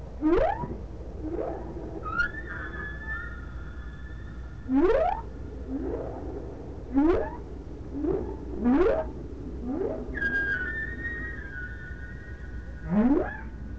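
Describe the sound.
Whale vocalizations: sharp rising whoops repeated at irregular intervals, with two longer, steady high whistles held for a few seconds each.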